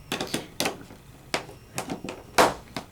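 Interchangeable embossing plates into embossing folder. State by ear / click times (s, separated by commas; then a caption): seated / 0.6 s, 1.3 s, 2.4 s. Two interchangeable plastic embossing plates, fitted together, are pressed into a plastic embossing folder and snap into place. Sharp plastic snaps are heard at 0.6, 1.3 and 2.4 seconds among several softer taps and clicks. The plates end up seated in the folder.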